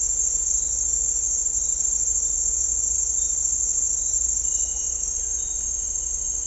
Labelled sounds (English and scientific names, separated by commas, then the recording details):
none
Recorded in dense forest near Puerto Asís, Putumayo, Colombia, on 16 December 2024 at 08:00
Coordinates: 0.499, -76.324
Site G045